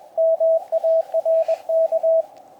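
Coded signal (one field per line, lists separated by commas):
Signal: Morse code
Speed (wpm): 23 wpm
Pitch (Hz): 660 Hz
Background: radio noise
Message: MARK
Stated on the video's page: Summit activation (SOTA) QRP CW on a monoband dipole, sent with a tiny paddle; no translations given.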